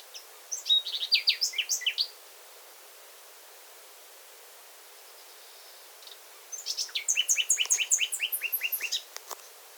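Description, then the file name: Common nightingale song in two bursts of rapid, high, varied notes and trills, with a quiet pause of about four seconds between them. "Luscinia megarhynchos"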